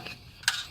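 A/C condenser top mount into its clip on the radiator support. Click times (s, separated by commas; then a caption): 0.5 s. While reinstalling the A/C condenser on a 2009 Lancer GTS, the plastic-mounted part at the top of the condenser is pressed into its clip on the radiator support. After a faint tick near the start, a sharp, bright snap sounds at 0.5 s as the mount seats in place.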